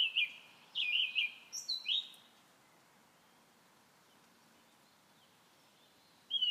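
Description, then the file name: Common nightingale giving a short burst of loud, bright repeated notes over about two seconds, then a long silence before one more note at the end. "Nachtegaal"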